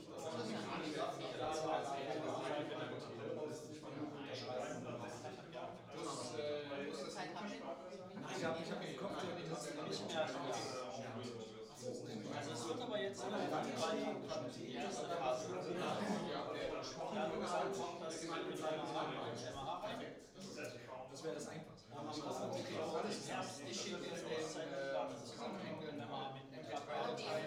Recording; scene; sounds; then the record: everyday scene through a hearing-aid microphone; many people talking; many voices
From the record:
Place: bistro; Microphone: in the ear canal, right